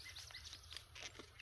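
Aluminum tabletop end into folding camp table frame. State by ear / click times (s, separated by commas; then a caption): not seated / none. Someone handles the exposed aluminum ends of a Nature Hike Outdoors nylon folding camping table top, lining them up to press into the table frame. Only soft rustling, faint chirp-like high tones and a steady low hum are heard, with no sharp hits. Nothing has seated or clicked into place yet.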